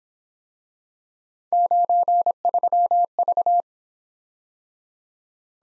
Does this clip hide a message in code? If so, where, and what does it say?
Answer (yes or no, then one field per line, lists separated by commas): yes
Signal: Morse code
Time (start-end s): 1.5-3.6 s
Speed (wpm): 26 wpm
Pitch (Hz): 700 Hz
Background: none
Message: 93V